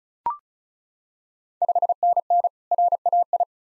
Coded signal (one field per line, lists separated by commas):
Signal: Morse code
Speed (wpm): 36 wpm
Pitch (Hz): 700 Hz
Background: none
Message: 5NN RAI